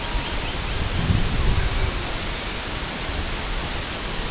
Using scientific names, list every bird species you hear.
Gavia stellata, Calidris maritima